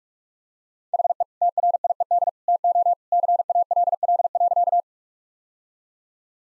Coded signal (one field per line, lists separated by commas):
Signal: Morse code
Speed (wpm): 45 wpm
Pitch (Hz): 700 Hz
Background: none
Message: HE TRIED TO CALL.